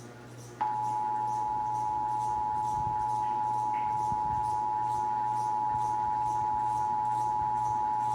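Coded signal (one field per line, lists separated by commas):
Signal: Emergency Alert System (SAME) tones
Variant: 853 and 960 Hz attention tone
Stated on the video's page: Texas Required Monthly Test as relayed over radio and TV broadcast stations.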